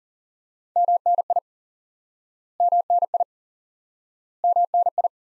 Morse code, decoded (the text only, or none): MNI MNI MNI